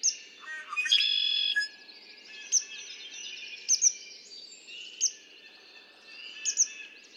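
Red-winged blackbird song: brief introductory notes, then one loud buzzy trill, with high double chirps repeating throughout.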